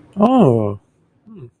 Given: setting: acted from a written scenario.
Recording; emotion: vocal sound without words; interest